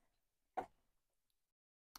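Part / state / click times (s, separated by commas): wiring harness connector into alternator socket / seated / 2.0 s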